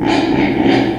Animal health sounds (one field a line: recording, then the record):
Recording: squeal of a Yucatan mini pig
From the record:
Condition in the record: before surgery on the right vocal fold (resection and tissue-engineered implant)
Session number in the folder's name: 1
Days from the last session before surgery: -21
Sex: female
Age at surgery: 19 weeks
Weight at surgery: 25 kg